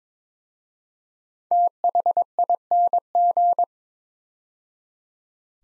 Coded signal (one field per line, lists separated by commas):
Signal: Morse code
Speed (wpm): 22 wpm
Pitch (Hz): 700 Hz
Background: none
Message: THING